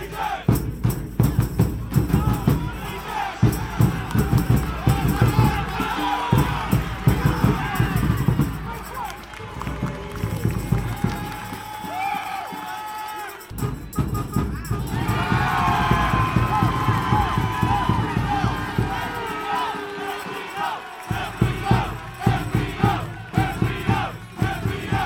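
Birmingham Legion FC fans fill the clip with a dense, constant crowd roar, voices shouting and cheering over one another. Swells of louder cheering come near the start and again from about 15 to 20 seconds, with a brief lull just before 14 seconds.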